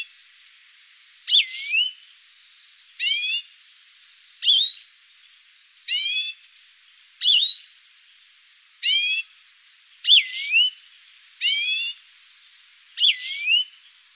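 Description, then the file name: European greenfinch calls: a series of buzzy and curling whistled notes, repeated at fairly even intervals. "Chloris chloris"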